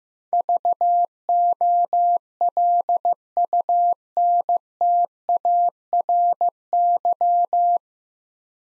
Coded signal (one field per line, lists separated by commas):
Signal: Morse code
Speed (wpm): 15 wpm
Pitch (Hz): 700 Hz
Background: none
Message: VOLUNTARY